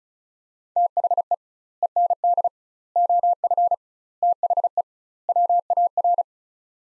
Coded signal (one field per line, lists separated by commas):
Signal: Morse code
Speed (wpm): 36 wpm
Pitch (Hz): 700 Hz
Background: none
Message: THE END OF THE WAR